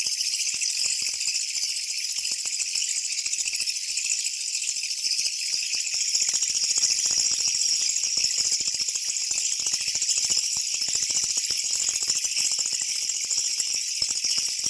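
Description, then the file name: Japanese katydid in a long, sustained metallic rattle, a dense pulsing buzz that carries on evenly for the entire span. "kutuwamushi"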